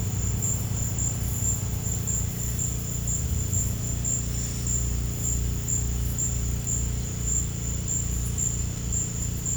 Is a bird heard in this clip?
no